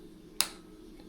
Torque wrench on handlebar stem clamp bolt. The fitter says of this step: and if you heard that click that means I'm at the six Newton met